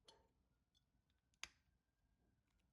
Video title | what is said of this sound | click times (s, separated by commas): Fusing Tools_Ocean Streeter | the gap in the tank and twist until it clicks into place. | 1.4 s